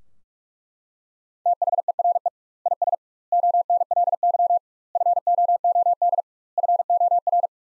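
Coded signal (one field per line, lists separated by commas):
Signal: Morse code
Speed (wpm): 41 wpm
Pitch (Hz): 700 Hz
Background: none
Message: THERE IS ONLY FOOD FOR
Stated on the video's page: Practice sentences from top 300 words at 45 wpm with double word spacing, a word-level Farnsworth-like method.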